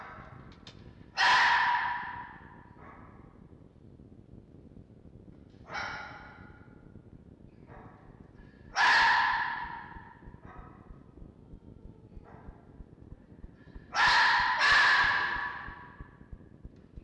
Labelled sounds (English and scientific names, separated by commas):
Red Fox (Vulpes vulpes)